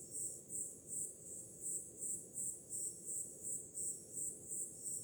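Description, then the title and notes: High-pitched cricket chirping in a quick, even beat under three per second, with a deep constant wash of waves below. On a summer night, with ocean sounds in the background. "Grilos, cigarras e oceano - Crickets, cicadas and waves. Som do mar ao fundo, grilos e cigarras em uma noite de verão – Ocean, crickets and cicadas in a summer night"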